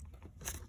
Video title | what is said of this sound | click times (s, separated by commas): How to Replace a Bad Camshaft Positioning Sensor Infiniti (Code P0345) | And you want to plug this in till you hear it snap. | 0.5 s